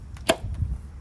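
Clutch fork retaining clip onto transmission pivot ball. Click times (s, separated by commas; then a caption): 0.3 s. On a 350Z clutch install, a clutch fork with its throwout bearing is pushed onto the transmission pivot ball in the bell housing, and its retaining clip snaps on with a sharp, bright click at 0.3 s. Faint softer taps around 0.2 s and 0.5 s sit over a low rumble. The fork is seated and locked on the pivot ball, with the bearing spinning freely and the fork able to pivot.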